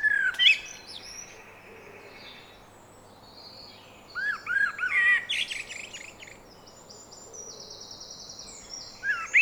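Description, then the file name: Common blackbird giving fluty warbled phrases with high twittering endings, separated by a quiet stretch. "Turdus merula"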